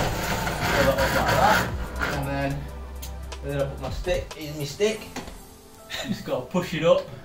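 A folded loft ladder and its hatch are handled and pushed up toward the ceiling opening while someone talks over background music. Nothing has seated or clicked yet; the hatch has not locked closed into the ceiling frame by the end of the clip.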